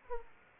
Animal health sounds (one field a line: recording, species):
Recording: mosquito wingbeat signal from an infrared sensor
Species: Aedes aegypti